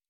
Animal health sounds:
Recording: hydrophone in a shrimp aquaculture tank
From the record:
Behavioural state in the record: normal

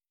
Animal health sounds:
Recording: hydrophone in a shrimp aquaculture tank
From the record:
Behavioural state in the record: starved

